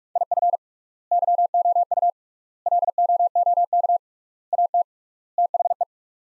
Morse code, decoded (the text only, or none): IF YOU LOOK AT THE